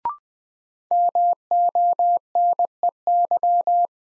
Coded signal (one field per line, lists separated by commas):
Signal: Morse code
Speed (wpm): 20 wpm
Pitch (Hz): 700 Hz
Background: none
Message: MONEY